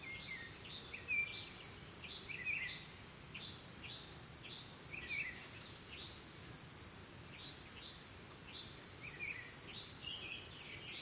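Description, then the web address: Crickets trill continuously at a high pitch while birds give short chirping notes in scattered bursts, over a constant background hiss. Ambience recorded in Costa Rica, with birds. "Big Room Sound Birds Crickets Costa Rica"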